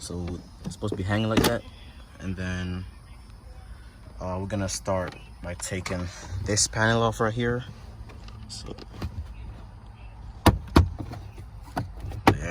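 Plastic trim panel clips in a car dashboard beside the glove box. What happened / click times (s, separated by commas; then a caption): Plastic trim clips snapped loose / 10.5 s, 10.8 s, 12.3 s. Someone talks while pulling a plastic interior trim panel beside the opened, hanging glove box off its retaining clips in the dashboard of a 2018-2021 Honda Accord, as part of disabling active noise canceling. Sharp snaps are heard at 10.5, 10.8 and 12.3 seconds as the clips pop out and release.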